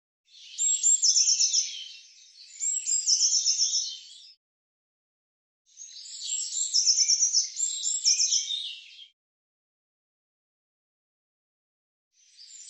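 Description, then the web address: Eurasian blue tit repeating high, buzzy trilled calls in two paired bouts separated by silence, with a fragment starting at the very end. Cleaned and normalized recording. "Deverinetal"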